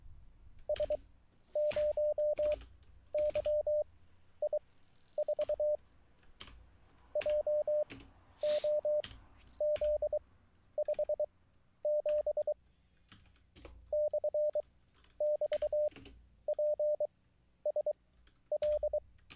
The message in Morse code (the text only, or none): S0YI4 JOZ57 /<BT>PSL